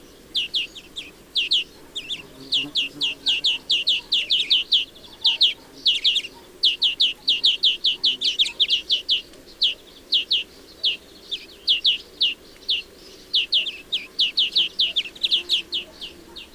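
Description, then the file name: European greenfinch giving rapid runs of short, sharp chirping notes in bursts, some clustered into quick twittering sequences, over a quiet background. "Chloris chloris"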